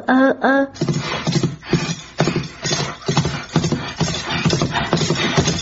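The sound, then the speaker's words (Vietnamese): A horse, ridden by a young woman who jerks the reins hard, gives a brief high whinny, then its hooves break into a loud, steady galloping clatter, beating in a quick repeating rhythm that continues to the end. “Thiếu nữ giật mạnh tay cương cho con ngựa phóng đi.”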